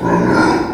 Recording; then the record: squeal of a Yucatan mini pig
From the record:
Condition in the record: before surgery on the right vocal fold (resection and tissue-engineered implant); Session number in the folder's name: 1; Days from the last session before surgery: -21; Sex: female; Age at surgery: 19 weeks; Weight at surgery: 25 kg